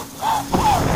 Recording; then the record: coughing mixed with background sound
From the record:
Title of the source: Spring Allergy Coughing